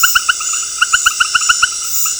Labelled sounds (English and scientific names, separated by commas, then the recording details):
none
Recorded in dense forest near Puerto Asís, Putumayo, Colombia, on 21 February 2024 at 19:30
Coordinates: 0.485, -76.325
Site G6429